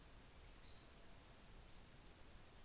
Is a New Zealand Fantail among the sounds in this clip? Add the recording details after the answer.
yes. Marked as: faintness 5/5. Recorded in New Zealand on 24 December 2018. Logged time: 15:45